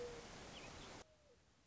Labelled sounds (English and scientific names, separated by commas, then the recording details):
Mourning Dove (Zenaida macroura)
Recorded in Sonoma County, California